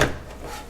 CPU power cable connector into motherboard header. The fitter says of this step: snaps into place you can kind of lightly pull on it you'll see it's in there correctly